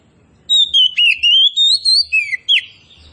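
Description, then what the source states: Oriental magpie-robin song: eight or so sweet whistled notes gliding up and down, delivered in a quick string lasting about two seconds. Kacer poci variety of magpie-robin, described as gacor, singing actively.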